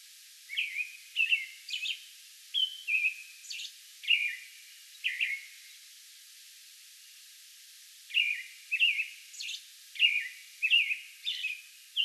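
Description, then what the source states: American robin song: a string of cheery, rising and falling whistled phrases, a pause of several seconds, then another lively run of phrases. Song bout recorded May 11.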